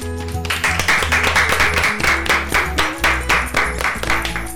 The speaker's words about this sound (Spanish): ¡Aplausos, muchachos!